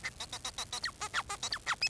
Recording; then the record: song of a male Bengalese finch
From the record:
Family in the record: son of father 4